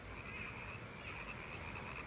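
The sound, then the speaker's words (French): A dense chorus of frogs croaking in marshes below the mountains of Aragon at night, a steady, insistent trilling drone at a fairly high pitch that holds at an even loudness throughout, with no voices. “Sauf les grenouilles. Ce chant entêtant vient des marais, en contrebas”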